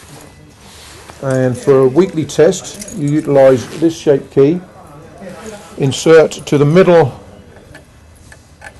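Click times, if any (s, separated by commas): 8.7 s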